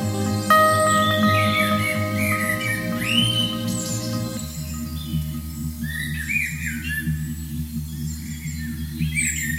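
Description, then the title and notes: Common blackbird song, short warbled and fluty phrases repeated over several seconds, with music playing beneath. Live recording of blackbirds singing in March 2020, built into a music track; blackbirds can imitate sounds, create complex song-like melodies, and usually sing at dawn and dusk. "by Jbustamante. canto de los mirlos en Marzo del 2020"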